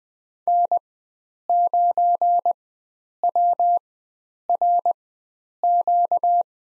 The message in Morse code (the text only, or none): N9WRQ